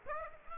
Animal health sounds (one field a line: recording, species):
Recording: mosquito wingbeat signal from an infrared sensor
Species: Aedes aegypti